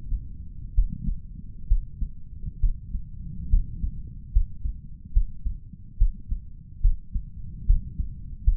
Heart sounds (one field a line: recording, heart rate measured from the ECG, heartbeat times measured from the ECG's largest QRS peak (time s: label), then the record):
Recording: heart sounds by stethoscope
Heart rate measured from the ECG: 70 bpm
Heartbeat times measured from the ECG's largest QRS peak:
0.75 s: heartbeat
1.68 s: heartbeat
2.60 s: heartbeat
3.49 s: heartbeat
4.32 s: heartbeat
5.13 s: heartbeat
5.98 s: heartbeat
6.81 s: heartbeat
7.66 s: heartbeat
8.44 s: heartbeat
From the record:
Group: healthy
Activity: rest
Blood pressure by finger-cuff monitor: 109/68 mmHg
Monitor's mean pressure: 84 mmHg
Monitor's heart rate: 71 bpm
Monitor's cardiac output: 5.5 L/min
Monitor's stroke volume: 76 mL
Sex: male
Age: 35 years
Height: 178 cm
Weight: 64 kg